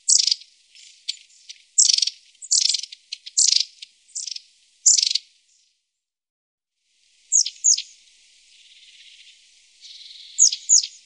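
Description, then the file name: Long-tailed tit calls: a quick run of high, rattled bursts and chirps, a pause of about two seconds, then a few more sharp notes. "Stjartmes"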